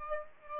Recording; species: mosquito wingbeat signal from an infrared sensor; Aedes aegypti